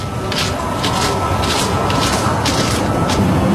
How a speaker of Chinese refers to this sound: 他这个空调启动 在后边，有的时候能吓你一跳是吧？因为您以为这车要走了呢。